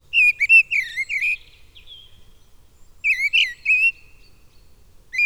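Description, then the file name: Mistle thrush song with a loud whistled phrase, a faint trailing note, then a second fluting phrase after a pause, and another phrase beginning at the end. "Mistle Thrush (Turdus viscivorus)"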